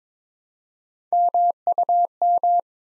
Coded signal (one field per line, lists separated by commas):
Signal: Morse code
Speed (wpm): 22 wpm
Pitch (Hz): 700 Hz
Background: none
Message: MUM